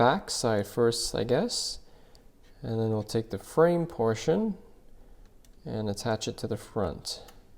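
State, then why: Not seated. Someone talks while handling the hard plastic front frame of an OtterBox Defender PRO protective case and its back piece for an iPhone 17 Pro Max. Small faint ticks are heard around 5.3 and 5.5 seconds as the parts are handled. Nothing has snapped or seated into place yet.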